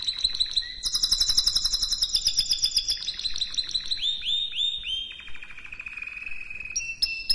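Canary song: bright rattling trills give way to a series of downslurred whistles and a lower sustained rolling phrase, clean and continuous.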